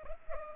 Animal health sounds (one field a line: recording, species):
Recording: mosquito wingbeat signal from an infrared sensor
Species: Culex pipiens